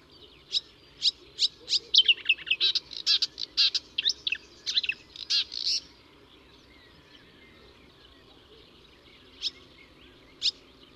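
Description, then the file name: Marsh Warbler song: a quick run of varied high chirps and trills for about five seconds, then silence broken by two lone sharp notes. "suara kicauan burung marsh warbler. omkicau"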